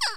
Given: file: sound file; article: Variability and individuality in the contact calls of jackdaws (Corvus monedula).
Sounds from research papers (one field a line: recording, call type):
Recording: jackdaw call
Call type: harmonic